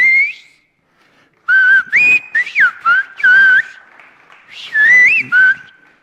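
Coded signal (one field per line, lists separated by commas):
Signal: whistled language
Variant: Sfyria (Greek)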